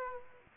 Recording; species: mosquito wingbeat signal from an infrared sensor; Aedes aegypti